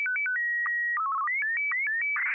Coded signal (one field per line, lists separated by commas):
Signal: SSTV (slow-scan television)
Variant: Martin 1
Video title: N6NA SSTV Net ISS Picture Night - 10/7/2020